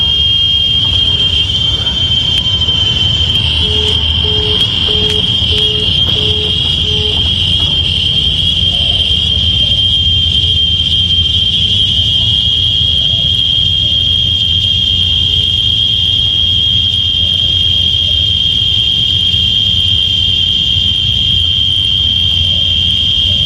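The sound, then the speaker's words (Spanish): Cicadas buzz in one loud, unbroken high-pitched drone that holds steady for the whole clip, over a low rumbling background with a short run of faint beeps early on. “Y ahí van más chicharras para que te animes.”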